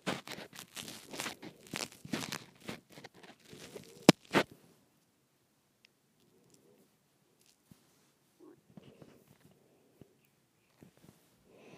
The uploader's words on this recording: ASMR Twisting my Microphone.